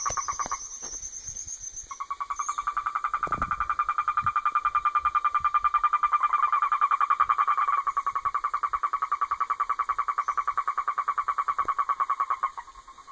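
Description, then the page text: Argentine toad trill starting after two seconds, a long even pulsed purr lasting almost to the end, with a high thin bird note at the start and a brief thump. Wild adult male, recorded 3 November 2017 in Mendoza, Argentina. "Sapo-cururu-argentino (Rhinella arenarum) sapo-andino Sexo: Macho Fase da vida: Adulto Data de Registro: 03/11/2017 País: Argentina Província. Departamento: Mendoza"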